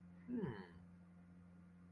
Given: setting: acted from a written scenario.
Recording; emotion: vocal sound without words; realization